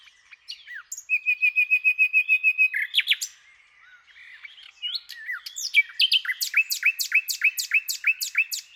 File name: Luscinia megarhynchos